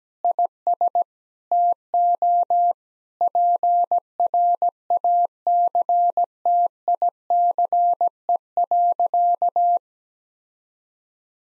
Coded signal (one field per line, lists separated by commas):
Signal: Morse code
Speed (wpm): 17 wpm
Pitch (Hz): 700 Hz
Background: none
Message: IS TO PRACTICE.